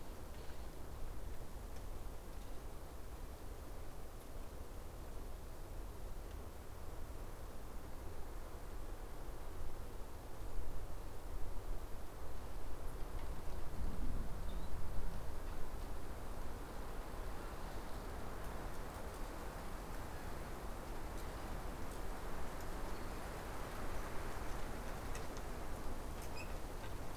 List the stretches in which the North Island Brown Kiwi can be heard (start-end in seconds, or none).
none